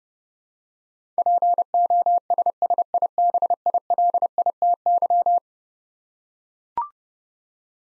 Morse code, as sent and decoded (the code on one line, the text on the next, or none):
.--. --- ... ... .. -... .. .-.. .. - -.--
POSSIBILITY